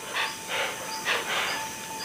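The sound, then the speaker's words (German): A series of rasping, breathy wheezes from a hoatzin, a turkey-sized bird that lives only in Amazonian forests, four or five harsh hissing bursts in an uneven rhythm over a faint steady background tone, with no talking. “Tag, glaube ich, habe ich dann plötzlich ein Geräusch gehört, das mir auch von Panguana her sehr bekannt war, und zwar das schnarrende Keuchen eines Huatzings.”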